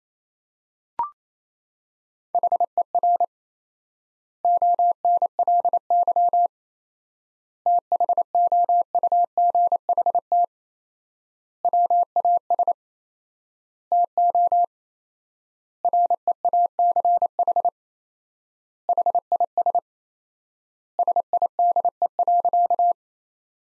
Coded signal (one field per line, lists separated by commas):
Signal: Morse code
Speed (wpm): 28 wpm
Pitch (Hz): 700 Hz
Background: none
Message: HER ONLY THOUGHT WAS TO REACH HIS SIDE.